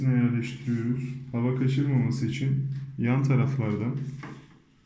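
A plastic grip handle is being fitted onto the end of an Electrolux vacuum cleaner hose, pressed from the sides so no air leaks. Someone talks throughout, and no distinct handling noise stands out. Nothing has seated or clicked yet by the end of the clip.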